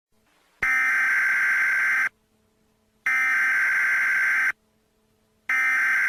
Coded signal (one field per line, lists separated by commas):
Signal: Emergency Alert System (SAME) tones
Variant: header bursts